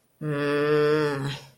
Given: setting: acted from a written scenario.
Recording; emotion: vocal sound without words; anger